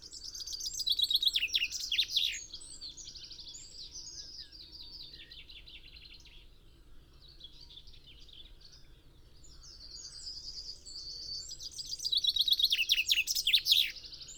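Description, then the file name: Common chaffinch singing twice, two rattling song phrases separated by a long stretch of quiet background. "Fringilla coelebs"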